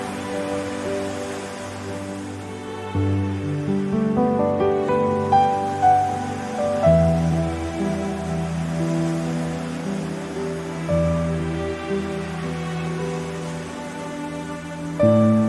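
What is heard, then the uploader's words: Slow, soft piano music: sustained low chords change every few seconds, near 3, 7 and 11 seconds, while a few higher melody notes ring out around 5 to 7 seconds. A gentle, steady hiss of ocean waves runs underneath throughout. Soothing Piano Music with Ocean Waves.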